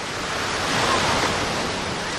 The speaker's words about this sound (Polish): Bałtyk to Bałtyk szumi oraz mewi mewami i to jest taki odgłos, za którym tęsknimy potem od września do następnego lipca.